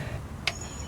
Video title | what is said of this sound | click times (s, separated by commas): 2006 Honda Odyssey Transmission Oil Change | Alright, I've hit my torque. You can hear it click, | 0.5 s